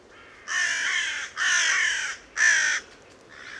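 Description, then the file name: Carrion crow cawing: two long, harsh, buzzy caws, then a shorter one, with a faint fourth call trailing at the end. "Corvus corone"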